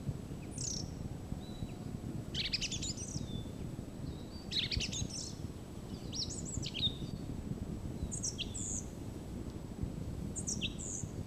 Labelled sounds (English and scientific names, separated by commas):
Song Thrush (Turdus philomelos) song